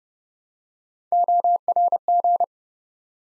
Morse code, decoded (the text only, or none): ORG